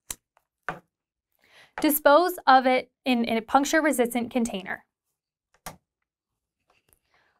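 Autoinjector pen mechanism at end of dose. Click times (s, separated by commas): 0.7 s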